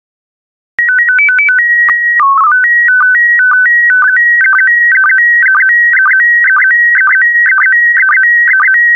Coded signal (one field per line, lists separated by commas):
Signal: SSTV (slow-scan television)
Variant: PD 120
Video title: 25068 Food SSTV PD120